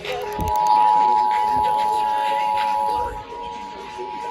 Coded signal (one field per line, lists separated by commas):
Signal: Emergency Alert System (SAME) tones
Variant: 853 and 960 Hz attention tone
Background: speech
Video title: The 2023 National EAS Test (EAS #640-659)